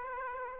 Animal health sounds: mosquito wingbeat signal from an infrared sensor; Aedes aegypti

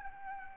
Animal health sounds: mosquito wingbeat signal from an infrared sensor; Aedes albopictus

